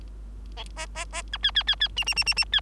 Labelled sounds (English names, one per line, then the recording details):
Bengalese Finch song
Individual Bird3